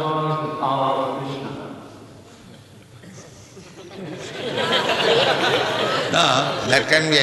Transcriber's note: laughter